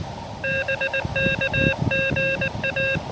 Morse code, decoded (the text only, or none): BK GA